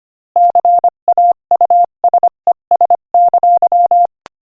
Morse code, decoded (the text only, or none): CAUSES!